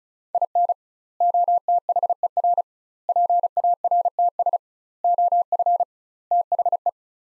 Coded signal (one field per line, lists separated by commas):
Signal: Morse code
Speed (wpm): 36 wpm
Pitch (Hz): 700 Hz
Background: none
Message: IN OTHER PARTS OF THE